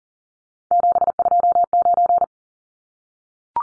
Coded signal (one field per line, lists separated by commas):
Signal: Morse code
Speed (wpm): 40 wpm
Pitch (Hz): 700 Hz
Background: none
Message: 729